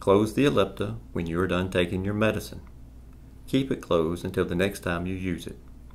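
Someone talks throughout while handling an Ellipta dry-powder inhaler, whose plastic cover is to be slid up over the mouthpiece to close it. The clip ends before the cover reaches its closed position, so nothing has seated or clicked yet.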